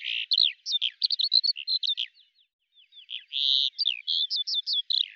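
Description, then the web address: Bird twittering in a fast, varied run of high chirps and slurred notes, pausing briefly midway before another lively sequence. "Deverinetal 2025 File cleaned normalized Bird Al Ar"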